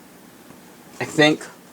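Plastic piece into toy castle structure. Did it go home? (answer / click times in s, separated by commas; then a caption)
no / none. A plastic part of a toy castle structure is handled while being lined up to be pushed in, over quiet background noise. Someone talks briefly around 1.0–1.4 s, and a short sharp sound comes at 1.7 s at the very end. Nothing has seated or clicked into place yet.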